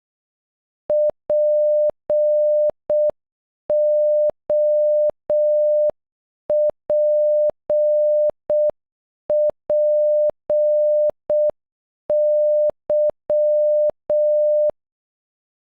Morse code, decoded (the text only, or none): POPPY